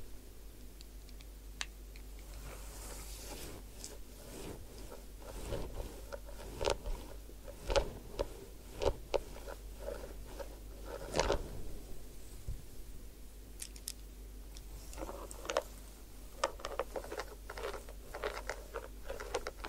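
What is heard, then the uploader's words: Head spa hair wash and massage: a dense, irregular run of soft scratching, rubbing and crinkling sounds, with sharper clicks and brushing strokes every second or so. A low, steady hum runs underneath the whole time. Head Spa Hair Wash, Massage, Ear Cleaning.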